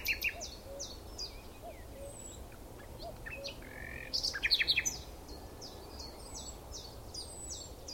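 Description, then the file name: Common nightingale song, mostly soft high notes and short phrases, with one loud rapid burst of repeated notes midway, over a persistent low background rumble. "Luscinia megarhynchos"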